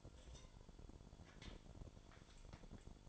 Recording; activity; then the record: daily activity, microphone in the room; take from stove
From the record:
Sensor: 5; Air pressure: 1008.1 hPa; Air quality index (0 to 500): 113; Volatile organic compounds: 1 ppm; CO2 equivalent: 872 ppm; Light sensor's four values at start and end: 27/59/24/24 and 27/59/24/24